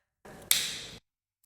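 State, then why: Seated. A Thypoch 24-50 f/2.8 zoom lens is remounted with strong force onto the mount of a Sony a7R VI mirrorless camera body. A broadband twisting scrape starts at about 0.3 s, and a sharp snap at 0.5 s marks the bayonet locking in. The scrape fades out by 1.0 s and a faint tick follows at 1.4 s. The lens is seated solid with no play, a tight fit that is good for weather sealing.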